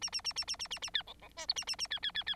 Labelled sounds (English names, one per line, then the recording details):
Bengalese Finch song
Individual Bird9